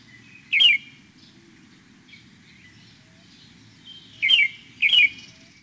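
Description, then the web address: Bird calls: a sharp high chirp early on, then two quick chirps close together near the end. "Peterson North American Birds. rwbu"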